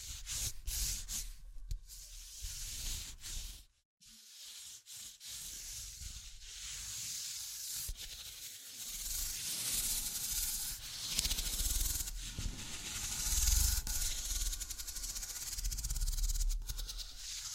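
Tapping, scratching and tracing sounds form a dense, hissy rustle that runs through most of the clip, with sharp taps scattered throughout. Near four seconds it cuts to silence briefly, then the scratching returns and grows louder and brighter after ten seconds.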